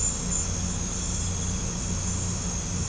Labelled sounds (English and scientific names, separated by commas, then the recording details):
none
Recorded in pastures near Puerto Asís, Putumayo, Colombia, on 18 December 2024 at 22:00
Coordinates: 0.505, -76.324
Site G063